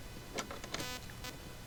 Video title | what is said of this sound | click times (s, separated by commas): Baby Its Cold...Inside! Charging the W126 A/C System | and it is a very, very positive click. You cannot remove that. | 0.7 s